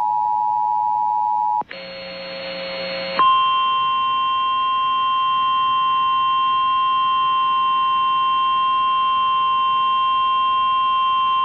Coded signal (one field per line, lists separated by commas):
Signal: Emergency Alert System (SAME) tones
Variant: 853 and 960 Hz attention tone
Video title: Severe Thunderstorm Warning EAS#158